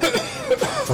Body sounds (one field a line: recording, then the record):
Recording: coughing mixed with background sound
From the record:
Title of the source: Dry Coughing Fit in the Afternoon.